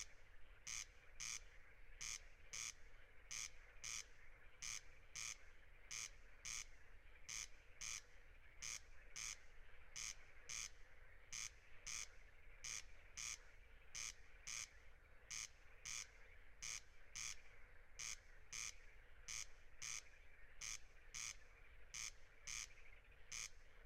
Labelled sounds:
Corn Crake (Crex crex) song

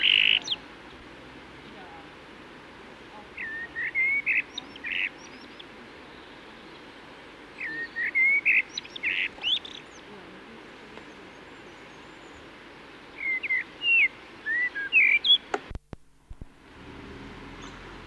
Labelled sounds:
Common Blackbird (Turdus merula) song

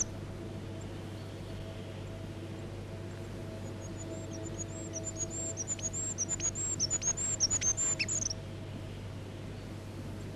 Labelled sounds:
Goldcrest (Regulus regulus) song

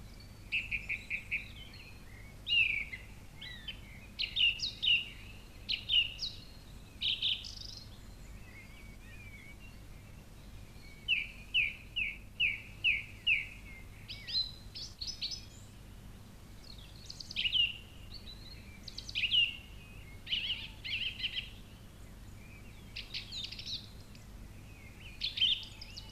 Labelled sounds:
Song Thrush (Turdus philomelos) song

